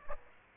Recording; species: mosquito wingbeat signal from an infrared sensor; Aedes aegypti